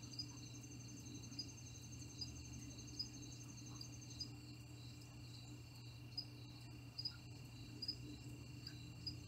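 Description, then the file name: Cricket chirps, short bright pulses repeating about once a second over a steady high trill, with a constant low hum underneath. "Cricket Sounds - Relax"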